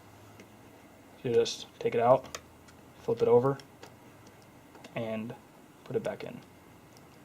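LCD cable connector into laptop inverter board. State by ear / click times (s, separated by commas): not seated / none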